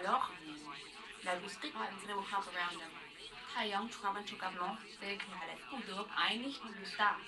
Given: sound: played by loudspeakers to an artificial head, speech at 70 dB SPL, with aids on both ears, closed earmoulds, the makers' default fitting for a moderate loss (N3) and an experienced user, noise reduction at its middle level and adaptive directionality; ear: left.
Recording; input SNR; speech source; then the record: speech test signal (ISTS) in cocktail-party noise; +9 dB; on the right (90 degrees)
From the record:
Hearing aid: class 1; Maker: E